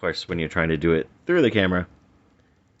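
A plastic peg on a Transformers Masterpiece 46 Black Widow (Blackarachnia) transforming figure is pushed toward its matching hole to lock a panel in place. Someone talks through most of the clip, then it goes quiet with only a faint tick at the very end. The peg fails to go in, and nothing has seated or clicked yet.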